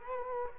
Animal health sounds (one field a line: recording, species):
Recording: mosquito wingbeat signal from an infrared sensor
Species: Culex quinquefasciatus